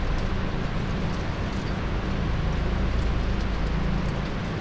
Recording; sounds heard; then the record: poultry house recording; no chicken sound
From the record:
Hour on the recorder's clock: 19